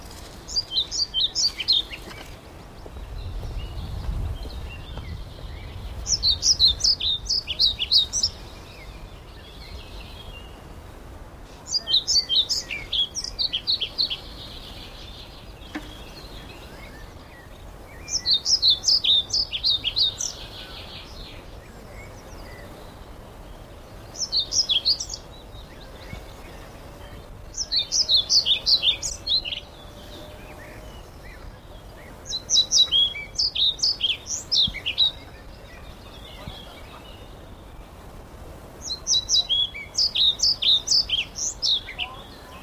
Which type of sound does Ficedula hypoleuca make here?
song